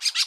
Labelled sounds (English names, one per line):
Brown-throated Parakeet contact call